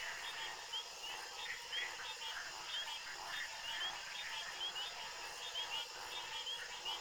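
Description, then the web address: Frogs calling together in a continuous mass of clicking croaks, with short bright chirping notes recurring irregularly above a constant hiss-like chorus. Night-time frog ambience. "Soulframe Sounds Ambience Frog Loops Frog Loop Night"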